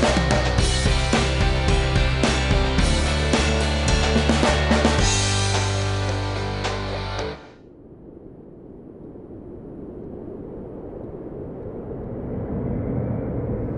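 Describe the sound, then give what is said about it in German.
After a few seconds of music cuts off, a wind tunnel sound effect taken from the internet begins: a broad, rushing roar of air with a low rumble that builds steadily louder to the end, with no voices. “Das war natürlich ein Soundeffekt aus dem Internet.”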